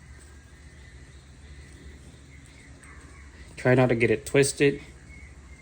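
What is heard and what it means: A rubber piston seal from a rebuild kit is being worked by finger into its groove in the bore of a 3000GT VR4 brake caliper during a caliper rebuild. There is a low, steady background hiss for most of the clip, and someone talks briefly from about 3.6 to 4.8 seconds. Nothing has seated or clicked yet.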